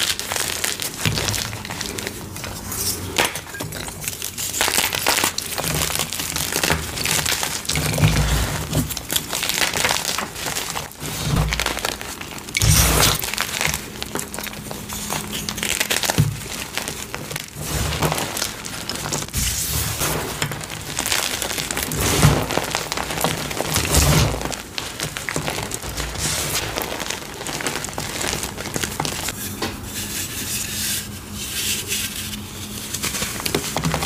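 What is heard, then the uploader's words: Gym chalk is crushed, a dense, steady run of gritty crinkling with sharper crunches every few seconds. A series of short gym chalk crushing videos.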